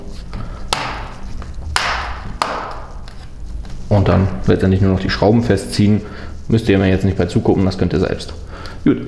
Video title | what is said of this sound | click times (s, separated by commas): Lenovo ThinkPad Edge E330 Aufrüstoptionen - Deutsch ►►notebooksbilliger.de | knackt n hier ein bisschen so und dann | 0.7 s, 1.8 s, 2.4 s